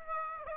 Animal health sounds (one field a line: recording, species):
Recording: mosquito wingbeat signal from an infrared sensor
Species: Aedes aegypti